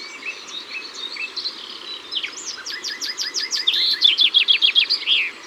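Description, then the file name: Common chaffinch song: a series of falling notes that grows louder and ends in a loud, ringing flourish. In the Ardèche. "Pinson-Des-Arbres-Concerts-Naturels-De-l Ardeche"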